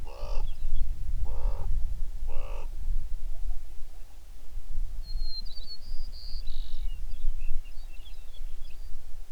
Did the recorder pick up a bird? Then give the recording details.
yes. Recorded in the Prudhoe Bay oil fields, Alaska, on 11 June 2019 at 05:06. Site 21